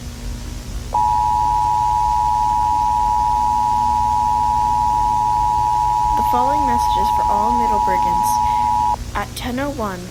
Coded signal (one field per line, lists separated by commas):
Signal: Emergency Alert System (SAME) tones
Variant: 853 and 960 Hz attention tone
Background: speech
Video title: emergency alert system #shorts￼